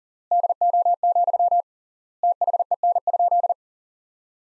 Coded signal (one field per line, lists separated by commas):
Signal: Morse code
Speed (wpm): 40 wpm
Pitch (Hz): 700 Hz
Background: none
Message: DO, THEN?